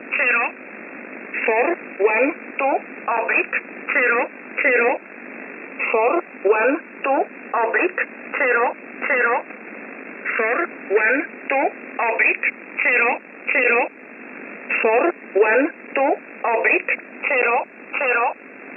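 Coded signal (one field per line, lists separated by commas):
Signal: numbers station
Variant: E11 Oblique, English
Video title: 10 05 2021 Number station E11 Oblique in English to Eu 0450 on 7469 unknown tx site in USB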